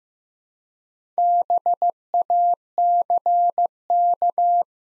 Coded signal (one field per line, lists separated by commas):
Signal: Morse code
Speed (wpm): 15 wpm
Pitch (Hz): 700 Hz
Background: none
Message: BACK